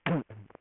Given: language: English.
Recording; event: throat vibration sensor signal played as sound; throat clearing